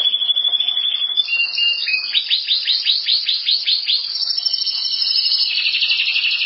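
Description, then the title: Canary song: warbled high phrases, then a series of quick falling notes repeated several times a second, followed by a sustained high rolling trill. "Kenari"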